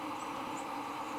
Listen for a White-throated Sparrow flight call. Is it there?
no